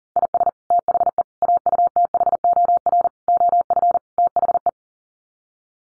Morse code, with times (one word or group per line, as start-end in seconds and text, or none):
0.2-0.5 IS
0.7-1.2 THE
1.4-3.1 AUTHOR
3.3-4.0 OF
4.2-4.7 THE